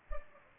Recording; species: mosquito wingbeat signal from an infrared sensor; Culex pipiens